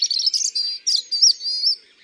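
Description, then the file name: European robin song, a short run of high, thin, sweet warbled notes with quick liquid twists and a brief pause midway. "ABC des chants doiseaux le rougegorge extrait"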